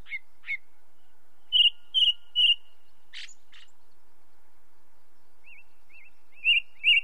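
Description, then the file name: Ring ouzel song: short clicks, a triplet of clear piping notes, a harsh rasp, soft wavering whistles, then two more loud fluty notes. Light natural background noise. "belozobij drozd na fone legkij shum prirodi"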